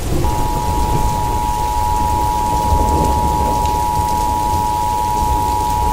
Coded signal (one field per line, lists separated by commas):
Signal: Emergency Alert System (SAME) tones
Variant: 853 and 960 Hz attention tone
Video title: EAS Scenario: The Great Fire (part 1)